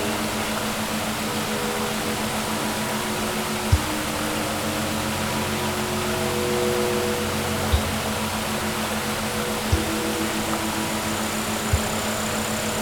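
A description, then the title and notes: Water pours steadily beneath a waterfall, a dense, unbroken rush that stays even throughout, with a low steady hum running underneath. Sharp single knocks stand out at about 3.7, 7.7, 9.7 and 11.7 seconds. Under The Waterfall.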